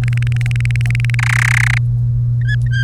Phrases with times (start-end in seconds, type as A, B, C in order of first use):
0.03-1.15 A, 1.19-1.78 B, 2.41-2.84 C